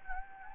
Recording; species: mosquito wingbeat signal from an infrared sensor; Anopheles gambiae